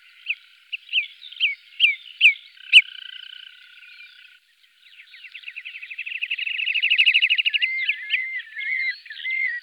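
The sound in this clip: Marsh Sandpiper calls: short rising whistled notes repeated about twice a second, then a long rattling trill with wavering whistles over it.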